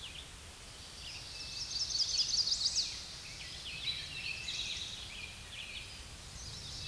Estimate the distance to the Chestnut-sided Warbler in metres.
about 40 m